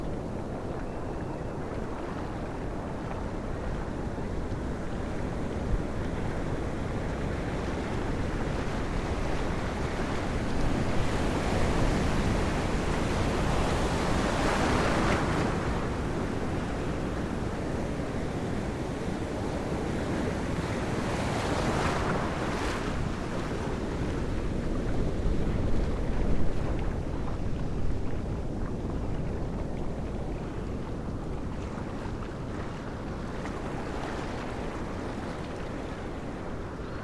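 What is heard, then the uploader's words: High surf rolls in as a constant, dense roar that is heaviest in the low end. Brighter hissing swells of breaking water arrive around 11–15 seconds and again near 21–23 seconds, and wind rumbles across the microphone throughout. Platforms Beach. A beautiful indian summer afternoon. The surf was unusually high and the water very warm. Recorded using Sony PCM-M10, EM173 microphone capsules in Sonic Studios WHB with fur covers.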